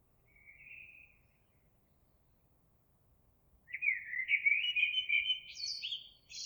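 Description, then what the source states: Eurasian blackbird: a short quiet warble, a pause, then a longer loud fluty phrase ending in high, squeaky twittering notes. Recorded 26 April 2022.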